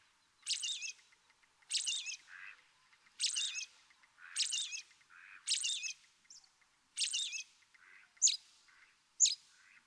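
American robin song: high warbled phrases roughly every second, each followed by a softer lower note, ending with two sharp squeaks.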